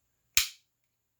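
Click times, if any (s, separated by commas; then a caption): 0.4 s. The retention lock tab on a custom kydex knife sheath is pushed away from the body to unlock it. It gives one sharp, bright click at 0.4 s that quickly fades, and the lock is released so the knife can be drawn.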